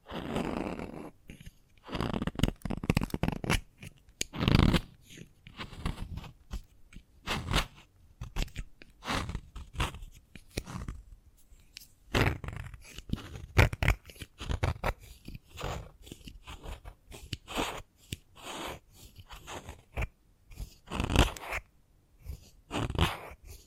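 Chalk being tapped, scratched and carved, with dense bursts of crisp crunching and snapping that come every fraction of a second for the whole 24 seconds. The sharp clicks and gritty scrapes vary in loudness, with the strongest snaps near 5, 14 and 21 seconds.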